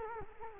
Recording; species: mosquito wingbeat signal from an infrared sensor; Culex quinquefasciatus